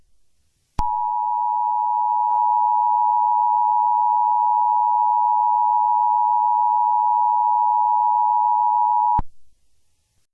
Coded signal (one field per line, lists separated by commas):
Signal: Emergency Alert System (SAME) tones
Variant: 853 and 960 Hz attention tone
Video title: Murderous Pups: A Paw Patrol EAS Scenario